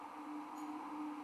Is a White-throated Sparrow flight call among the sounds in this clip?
no